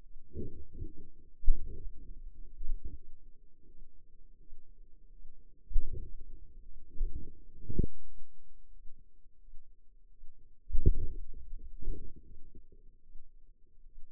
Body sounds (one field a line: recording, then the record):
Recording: forearm muscle sounds (acoustic myography)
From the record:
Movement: hand opening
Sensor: system 2, bracelet of six BSWA MPA416 microphones around the upper forearm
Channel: 1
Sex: female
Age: 23 years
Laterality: right